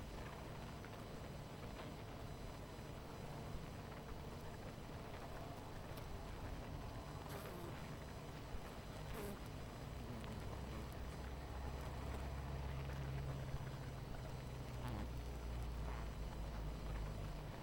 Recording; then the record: honeybee colony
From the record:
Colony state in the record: missing queen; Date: 14 July 2017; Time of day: 19:10